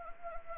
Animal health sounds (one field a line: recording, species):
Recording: mosquito wingbeat signal from an infrared sensor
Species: Anopheles gambiae